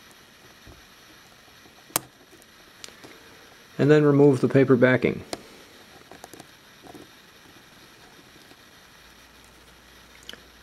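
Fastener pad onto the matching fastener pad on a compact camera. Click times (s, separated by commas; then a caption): 2.0 s. A second plastic Dual Lock fastener pad, its paper backing still on, is pressed onto the matching pad already on a compact camera and clicks into place with a sharp snap at 2.0 s. Someone talks briefly, and the paper backing is then removed amid a few faint ticks and rustles.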